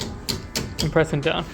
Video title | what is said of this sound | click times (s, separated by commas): How to fix Civic door weather trim (FOR $12) | tuck it under there and then from there clip it down so it's just literally just clicking | 0.0 s, 0.3 s, 0.6 s